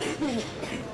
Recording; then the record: coughing mixed with background sound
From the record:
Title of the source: 61 morning phlegmy cough...again